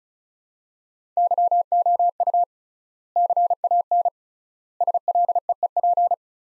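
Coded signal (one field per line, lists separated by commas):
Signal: Morse code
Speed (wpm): 34 wpm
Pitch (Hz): 700 Hz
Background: none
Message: YOU CAN SLEEP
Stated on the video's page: Practice sentences of the top 500 words sent at 35 wpm with 3x standard word spacing, a word-based analogue of Farnsworth spacing.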